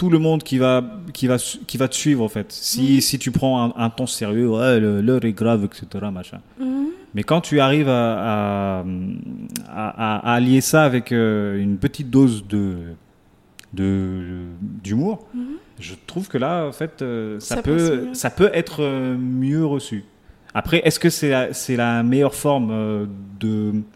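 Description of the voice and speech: Conversational French speech from an adult man, a comedian from the Comoros who has stuttered since childhood, with repeated words and syllables, glottal catches and stretched sounds, typical of stuttering.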